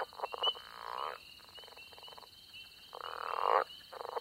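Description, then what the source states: Southern leopard frog giving rough chuckling and grunting bursts in several clusters, over a steady high peeping chorus of other frogs. Two calling in rough alternation, grunting notes and loud chuckling calls; early spring chorus at a small pond in Mississippi; spring peepers in background.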